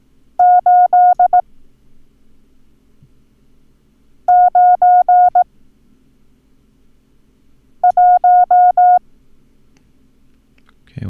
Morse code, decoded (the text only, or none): 8 9 1